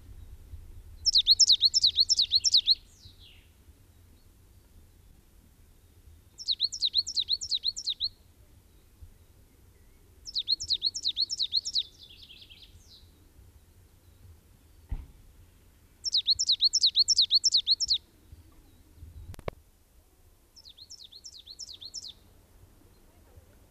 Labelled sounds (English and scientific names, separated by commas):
Coal Tit (Periparus ater) song